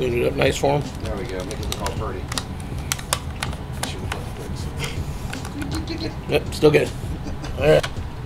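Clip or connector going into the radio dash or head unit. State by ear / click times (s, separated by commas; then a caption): not seated / none. During installation of a Joyings aftermarket head unit in a Tacoma truck dash, a clip or connector for the radio is handled by hand while someone talks. Sharp little ticks and taps are heard between about 2.9 and 5.3 seconds. The clip or connector has not seated or clicked into place yet.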